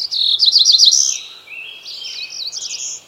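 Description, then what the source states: Cerulean Warbler song: a quick run of high buzzy notes climbing to a sharp buzz, then a second, softer buzzy phrase that rises again. Sang from the forest canopy in the Appalachian Mountains in May; migrates 2,500 miles, wintering in the Andes of Colombia.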